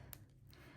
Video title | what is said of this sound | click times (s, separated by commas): ☘️St. Patrick’s Day/Spring Apple Watch Band. #applewatchband #applewatchbands #beads #jewelry | there I think it just popped into place yeah yep we're good so there's that one now let's do this one | 0.1 s